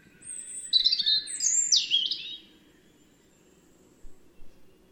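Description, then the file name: European robin singing a brief burst of high, jangling whistled notes at the start, then quiet with a couple of faint short sounds. "Erithacus rubecula"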